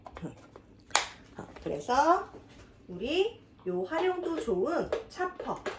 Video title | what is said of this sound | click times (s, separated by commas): 냉동실 정리로 깔끔하게 새해를 시작해보아요~!!최대 60% 할인율과 1+1 제품~!! 한정수량 겅강요리키트까지!! 자세히 보여드립니다. | 다시 반대편으로 이렇게 딱 소리가 날 때까지 돌려주시면 돼요. | 0.9 s